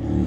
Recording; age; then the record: pig call; growing-finishing pig (85 days or more)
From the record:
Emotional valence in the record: negative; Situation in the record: barren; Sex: female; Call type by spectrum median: low-frequency call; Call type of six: low-frequency stable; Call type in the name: low-frequency stable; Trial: 1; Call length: 0.27 s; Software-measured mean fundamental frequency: 42 Hz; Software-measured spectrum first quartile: 113 Hz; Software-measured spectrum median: 202 Hz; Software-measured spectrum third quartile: 313 Hz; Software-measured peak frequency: 307 Hz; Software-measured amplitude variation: 129 dB a second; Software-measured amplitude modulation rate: 28.1 a second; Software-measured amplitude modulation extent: 4.6 dB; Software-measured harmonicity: -1.1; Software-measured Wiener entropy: -0.93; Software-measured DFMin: 839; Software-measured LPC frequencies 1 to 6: 292, 1783, 3222, 4738, 6659, 7575 Hz